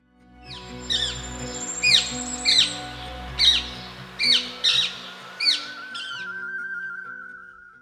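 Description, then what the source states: Rose-ringed Parakeet squawks: a string of shrill, harsh, descending screeches, about eight in quick succession, over sustained low music that swells and fades. Recorded by Thierry Thomas.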